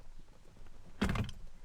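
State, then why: Released. On the last side of a 2009–2014 Ford F-150/Raptor steering wheel, a tool is pushed onto the driver airbag module's spring retaining clip, which releases with a sharp metal-to-metal click at 1.0 s, followed by a brief rattle of smaller clicks through about 1.3 s. The airbag is now completely released.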